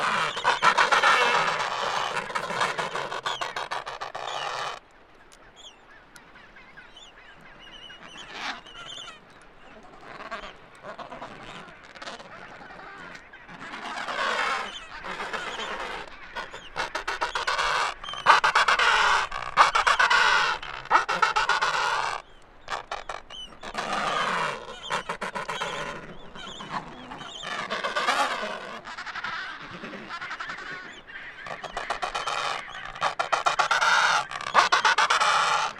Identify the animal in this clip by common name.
Adelie Penguin